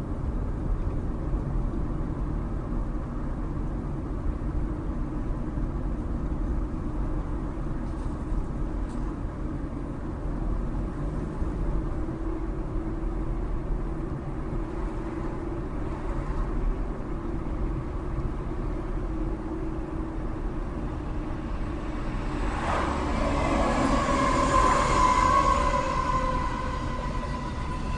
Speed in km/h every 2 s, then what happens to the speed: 32, 32, 32, 32, 34, 37, 39, 39, 39, 37, 35, 34, 31, 27.
0-17 steady at about 34. 17-28 slows to 27.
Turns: none.